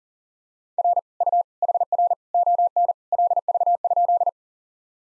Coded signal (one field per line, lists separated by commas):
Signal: Morse code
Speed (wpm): 40 wpm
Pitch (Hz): 700 Hz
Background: none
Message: R U HR ON LV?